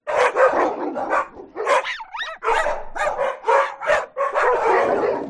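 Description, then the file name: Dogs barking: a dense chorus of overlapping barks, with a wavering, rising-and-falling howl or whine breaking through near the middle. Many dogs barking together. "zapsplat animals dogs lots various barking"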